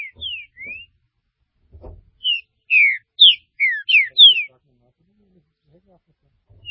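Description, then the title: Green-winged saltator song: a few soft whistles, then a louder phrase of about six slurred, mostly descending notes, followed by quiet. "Trinca Ferro"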